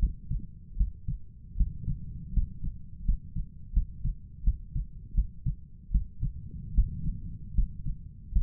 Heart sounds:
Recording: heart sounds by stethoscope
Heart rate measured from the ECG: 79 bpm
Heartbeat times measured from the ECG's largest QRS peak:
0.77 s: heartbeat
1.57 s: heartbeat
2.33 s: heartbeat
3.05 s: heartbeat
3.73 s: heartbeat
4.44 s: heartbeat
5.15 s: heartbeat
5.91 s: heartbeat
6.74 s: heartbeat
7.55 s: heartbeat
8.32 s: heartbeat
From the record:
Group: healthy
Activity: rest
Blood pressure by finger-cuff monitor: 114/65 mmHg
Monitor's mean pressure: 76 mmHg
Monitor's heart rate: 78 bpm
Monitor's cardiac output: 7.5 L/min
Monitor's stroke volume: 93 mL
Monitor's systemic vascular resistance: 710 dyn s/cm5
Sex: male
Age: 23 years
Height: 179 cm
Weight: 87 kg

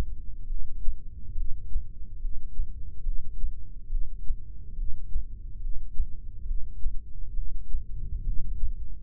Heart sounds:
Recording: heart sounds by microphone in the left ear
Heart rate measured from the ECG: 70 bpm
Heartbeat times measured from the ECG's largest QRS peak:
0.50 s: heartbeat
1.38 s: heartbeat
2.23 s: heartbeat
3.06 s: heartbeat
3.92 s: heartbeat
4.79 s: heartbeat
5.63 s: heartbeat
6.48 s: heartbeat
7.37 s: heartbeat
8.26 s: heartbeat
From the record:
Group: heart failure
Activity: rest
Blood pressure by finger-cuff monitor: 132/94 mmHg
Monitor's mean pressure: 108 mmHg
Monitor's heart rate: 70 bpm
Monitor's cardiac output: 6.3 L/min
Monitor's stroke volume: 91 mL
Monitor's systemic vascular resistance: 1280 dyn s/cm5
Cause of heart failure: idiopathic cardiomyopathy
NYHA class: 1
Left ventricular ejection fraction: 50%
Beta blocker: bisoprolol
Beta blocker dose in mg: 5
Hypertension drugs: candesartan, spironolactone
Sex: male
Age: 54 years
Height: 180 cm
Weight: 94.6 kg

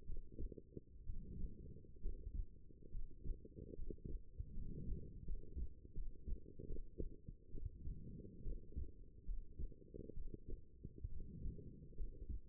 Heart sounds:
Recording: heart sounds by stethoscope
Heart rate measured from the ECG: 71 bpm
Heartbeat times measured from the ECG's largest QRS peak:
0.05 s: heartbeat
1.04 s: heartbeat
2.00 s: heartbeat
2.90 s: heartbeat
3.74 s: heartbeat
4.52 s: heartbeat
5.24 s: heartbeat
5.93 s: heartbeat
6.65 s: heartbeat
7.50 s: heartbeat
8.41 s: heartbeat
9.24 s: heartbeat
10.12 s: heartbeat
11.07 s: heartbeat
11.94 s: heartbeat
From the record:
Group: healthy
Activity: rest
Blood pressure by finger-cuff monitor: 110/79 mmHg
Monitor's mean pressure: 91 mmHg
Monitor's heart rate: 67 bpm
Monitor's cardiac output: 5.7 L/min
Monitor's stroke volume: 83 mL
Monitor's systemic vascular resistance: 1170 dyn s/cm5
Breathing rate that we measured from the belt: 18 breaths a minute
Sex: female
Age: 23 years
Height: 160 cm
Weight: 50.4 kg

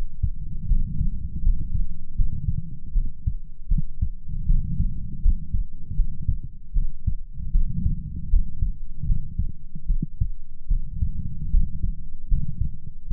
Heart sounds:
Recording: heart sounds by stethoscope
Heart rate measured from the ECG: 77 bpm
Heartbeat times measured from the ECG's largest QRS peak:
0.66 s: heartbeat
1.41 s: heartbeat
2.14 s: heartbeat
2.92 s: heartbeat
3.67 s: heartbeat
4.45 s: heartbeat
5.20 s: heartbeat
5.94 s: heartbeat
6.72 s: heartbeat
7.51 s: heartbeat
8.28 s: heartbeat
9.04 s: heartbeat
9.86 s: heartbeat
10.67 s: heartbeat
11.49 s: heartbeat
12.27 s: heartbeat
13.07 s: heartbeat
From the record:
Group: healthy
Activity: rest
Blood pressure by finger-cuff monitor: 106/63 mmHg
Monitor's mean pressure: 78 mmHg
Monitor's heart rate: 78 bpm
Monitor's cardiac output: 7 L/min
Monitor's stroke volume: 88 mL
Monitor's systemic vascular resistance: 810 dyn s/cm5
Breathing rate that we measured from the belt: 18 breaths a minute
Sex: female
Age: 26 years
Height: 165 cm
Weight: 55 kg

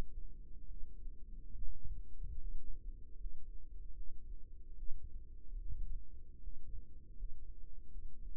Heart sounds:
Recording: heart sounds by microphone in the right ear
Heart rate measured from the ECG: 75 bpm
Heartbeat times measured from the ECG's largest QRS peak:
0.66 s: heartbeat
1.51 s: heartbeat
2.36 s: heartbeat
3.15 s: heartbeat
3.92 s: heartbeat
4.74 s: heartbeat
5.57 s: heartbeat
6.39 s: heartbeat
7.14 s: heartbeat
7.88 s: heartbeat
From the record:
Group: healthy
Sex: female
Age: 22 years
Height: 160 cm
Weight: 63 kg

